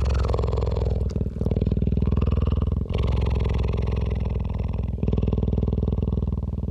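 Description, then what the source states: Cheetah purring, a loud low vibrating rumble of rapid pulses, broken by short gaps around one, three and five seconds. Adult cheetah.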